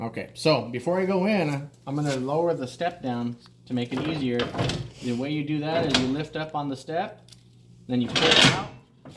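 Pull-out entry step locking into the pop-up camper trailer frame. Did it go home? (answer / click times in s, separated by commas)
no / none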